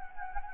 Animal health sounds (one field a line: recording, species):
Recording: mosquito wingbeat signal from an infrared sensor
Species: Anopheles gambiae